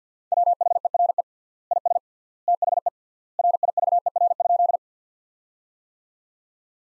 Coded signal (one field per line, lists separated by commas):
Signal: Morse code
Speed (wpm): 50 wpm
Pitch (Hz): 700 Hz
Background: none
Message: WHERE IS THE RIVER?